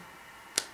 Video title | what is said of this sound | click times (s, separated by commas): Using the Lance Lab Mini TC 7/ TC 1 DVR | and that clicks back in place it's actually ready to go now with the fully charged spattering | 0.6 s